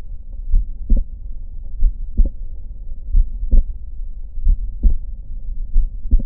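Regular paired low heart thumps through a stethoscope, about 46 a minute; a normal second heart sound follows each first sound.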